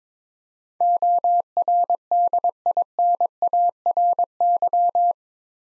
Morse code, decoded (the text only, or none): ORDINARY